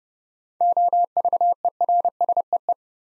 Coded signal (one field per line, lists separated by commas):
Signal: Morse code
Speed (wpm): 28 wpm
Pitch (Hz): 700 Hz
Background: none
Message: OVERSEE